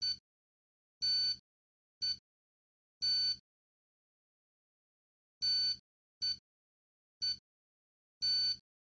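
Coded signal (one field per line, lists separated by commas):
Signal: radio time signal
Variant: DCF77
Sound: buzzy tone pulses about once a second, short and longer, with a two-second pause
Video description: This short video shows my DCF77 analyzer clock displaying and decoding the DCF77 signal. All sounds are off bar the DCF77 live signal.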